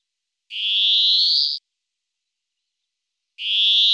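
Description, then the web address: European greenfinch song: two drawn-out, wheezy buzzes, each rising slightly in pitch, the first lasting about a second and the second cut off by the end, separated by nearly two seconds of silence. "IVN Zangvogels. Groenling"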